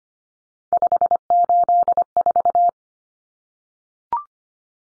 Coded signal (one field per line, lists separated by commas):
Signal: Morse code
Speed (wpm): 25 wpm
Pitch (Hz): 700 Hz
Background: none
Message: 584